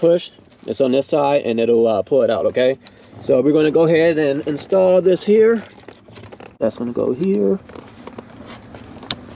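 Someone talks while installing LED tail lights and a hyper flash harness, then quieter handling sounds follow as the tail light harness plug is pushed into its mating connector on the vehicle. A sharp click at 9.1 s marks the plug seating fully, confirmed pushed in.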